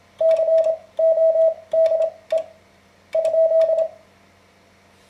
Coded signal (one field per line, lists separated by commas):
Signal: Morse code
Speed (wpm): 26 wpm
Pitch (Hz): 650 Hz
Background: none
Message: CODE ?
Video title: Learning Morse Code - An Introduction